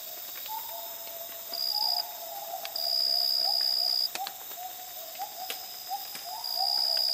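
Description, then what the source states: Gibbon calling in a series of rising, hooting notes several times a second, with a high insect whine switching on and off over a constant buzzing background. Calm dawn chorus in the rainforest jungles of Borneo, with insects and soft fog drip.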